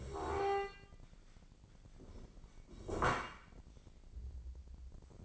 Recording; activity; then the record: daily activity, microphone in the room; stand up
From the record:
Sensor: 5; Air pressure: 1012.3 hPa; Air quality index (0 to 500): 164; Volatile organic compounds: 2 ppm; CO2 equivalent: 1118 ppm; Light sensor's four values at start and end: 266/633/272/302 and 267/635/273/304